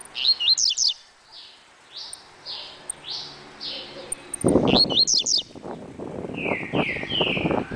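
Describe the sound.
Double-collared seedeater song: quick clusters of high descending notes alternating with longer slurred whistles, partly over loud low rumbling and clattering noise.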